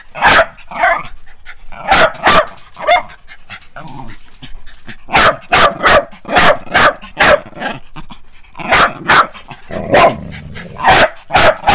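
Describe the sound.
Dog barking repeatedly in quick bursts of single and doubled barks, with brief pauses between.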